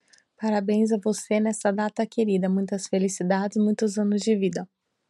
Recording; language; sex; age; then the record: short text; Brazilian Portuguese; female; 30 to 39 years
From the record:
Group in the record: control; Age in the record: 38 years